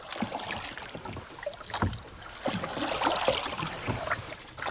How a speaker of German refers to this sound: Sie waren schon eine ganze Zeit in dem kleinen Boot unterwegs, das Smith mit kräftigen Ruderschlägen flussaufwärts lenkte, ehe Pater Brown wieder etwas sagte.